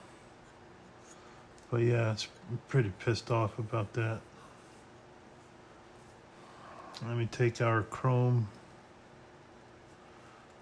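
In a 1970 Dodge Charger scale model build, a plastic chrome trim piece is picked up and positioned before being pressed into the model car. Someone talks in two bursts, around 1.7–4.2 s and 7.0–8.5 s, with only faint background noise between them. Nothing has snapped in or clicked yet.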